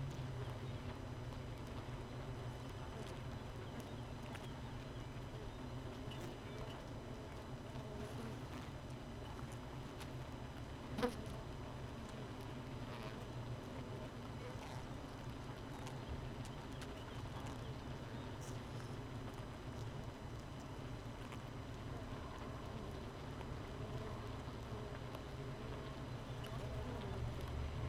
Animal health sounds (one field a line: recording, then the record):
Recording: honeybee colony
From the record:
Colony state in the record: missing queen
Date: 31 May 2018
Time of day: 5:08